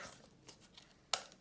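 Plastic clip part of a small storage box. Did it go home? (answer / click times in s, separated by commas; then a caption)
yes / 1.1 s. A second plastic clip part of a small plastic storage box is pressed carefully into place, handled gently for fear of breaking it. Soft rustling and faint handling noises lead up to a single sharp snap at 1.1 s as the part seats. The piece clips in securely.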